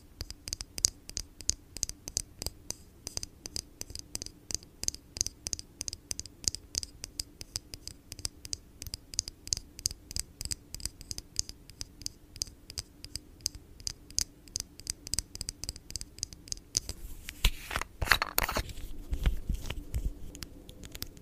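ASMR tapping: quick, fairly regular taps with crisp bright clicks, continuing densely through most of the clip over a soft low hum. Around seventeen seconds the pattern turns busier and rougher, with scratchy rubbing and louder bursts toward the end.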